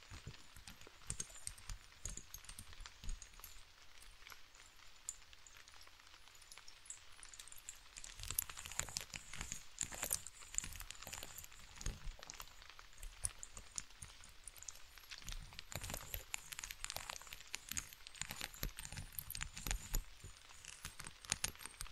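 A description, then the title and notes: Rain patters in dense, crisp crackles and taps, bright, growing busier and louder after about eight seconds, with a faint low rumble beneath. ASMR Scratching & Tapping for your Napping + Calming Rain (No Talking).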